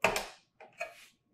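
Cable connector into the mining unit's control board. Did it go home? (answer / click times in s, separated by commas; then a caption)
yes / 0.0 s. A cable connector is plugged into the control board of a Bitmain Antminer S9/L3+ crypto-mining unit and snaps into place with a sharp, loud click at 0.0 s, followed by a softer tap at 0.2 s. Two quieter knocks follow at 0.6 s and 0.8 s, and the connector is seated.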